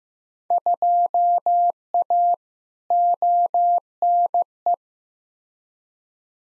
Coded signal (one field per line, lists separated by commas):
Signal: Morse code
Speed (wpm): 15 wpm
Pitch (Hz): 700 Hz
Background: none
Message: 2A ONE